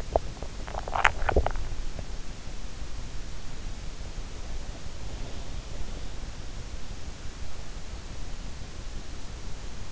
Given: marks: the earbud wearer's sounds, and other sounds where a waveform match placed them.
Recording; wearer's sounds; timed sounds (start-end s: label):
sounds in sleep by an in-ear microphone; swallowing
0.00-1.90 s: swallowing